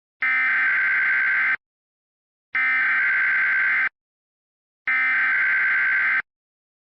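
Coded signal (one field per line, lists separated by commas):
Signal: Emergency Alert System (SAME) tones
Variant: header bursts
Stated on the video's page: Fictional EAS scenario, not a real alert.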